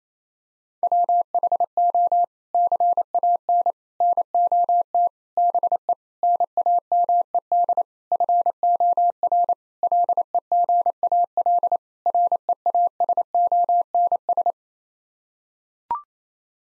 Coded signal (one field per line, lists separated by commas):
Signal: Morse code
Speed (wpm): 28 wpm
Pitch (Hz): 700 Hz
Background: none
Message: WHO CAN NOT BE NAMED FOR LEGAL REASONS